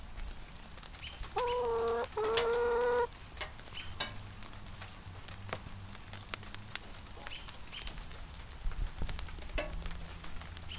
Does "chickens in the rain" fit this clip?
yes